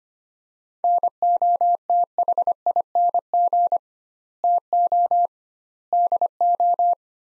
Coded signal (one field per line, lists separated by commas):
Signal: Morse code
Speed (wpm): 25 wpm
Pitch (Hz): 700 Hz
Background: none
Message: NOTHING TO DO